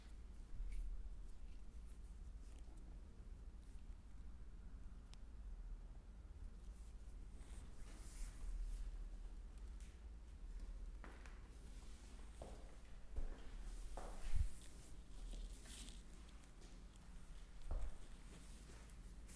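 A chair massage of the head, scalp, neck, hands and arms, heard as soft, continuous rubbing and rustling over a steady low hum. The strokes brighten and thicken after about seven seconds, with a few light taps or bumps near 13, 14 and 18 seconds.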